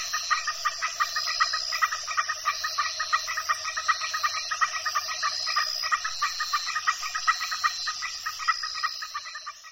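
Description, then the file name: A steady frog chorus of rapid pulsed calls rises over an unbroken high insect drone. El Cuyo, Mexico; at dusk; frogs calling together with insects. "El Cuyo MX Frogs And Insects At Dusk"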